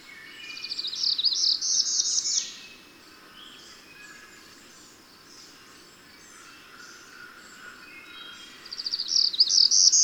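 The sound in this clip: Bird song with a rapid high twittering phrase at the start and another at the end, and quieter chirps and soft whistles in the gap.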